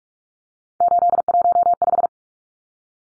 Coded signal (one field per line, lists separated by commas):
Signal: Morse code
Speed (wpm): 44 wpm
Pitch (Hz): 700 Hz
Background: none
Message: 815